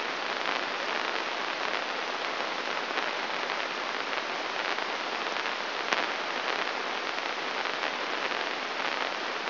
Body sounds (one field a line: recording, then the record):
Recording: brain microelectrode recording played as sound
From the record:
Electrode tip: inside the subthalamic nucleus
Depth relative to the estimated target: -1 mm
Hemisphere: right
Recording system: AlphaMap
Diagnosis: Parkinson's disease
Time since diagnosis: 24 years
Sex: male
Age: 67 years